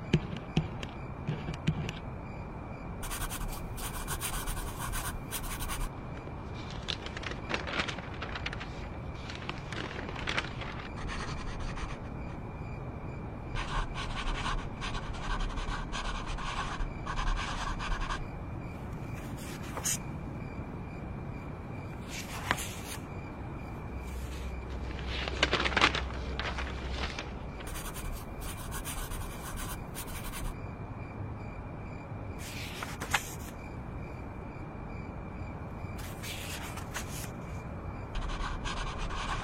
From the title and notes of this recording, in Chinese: 深夜在宿舍学习 超舒适夜间写字声翻书声。深夜宿舍学习 氛围白噪音。